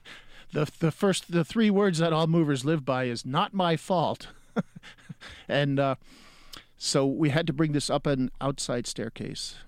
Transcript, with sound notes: the three words that all movers live by is not my fault (laughter). And so we had to bring this up an outside staircase.